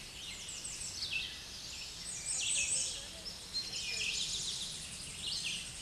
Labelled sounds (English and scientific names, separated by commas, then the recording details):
Red-eyed Vireo (Vireo olivaceus) song
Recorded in a Pennsylvania forest on 16 May 2024 at 07:45
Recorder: AudioMoth, point MSD-2478
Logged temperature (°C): 15.6 °C
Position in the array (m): 39 m, 177 m